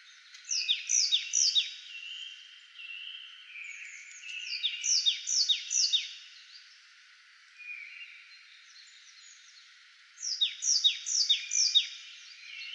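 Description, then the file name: Marsh tit calls, bright downslurred notes in quick runs of three or four, repeated in bursts with pauses between, plus softer high buzzy notes; background faint. "Poecile palustris"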